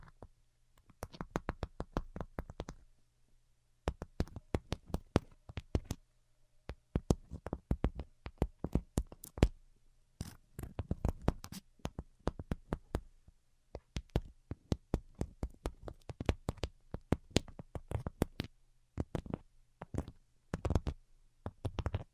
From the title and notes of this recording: ASMR Most Delicate and Calming Tapping for Sleep (No Talking).